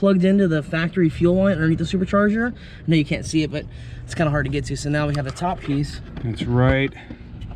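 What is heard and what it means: Someone talks while handling the top fuel line piece of an E85 flex fuel kit on a 2019 Dodge Charger Hellcat, bringing it to the fuel connection above the supercharger, near where the kit joins the factory fuel line underneath. The piece has not seated or clicked into place yet by the end of the clip.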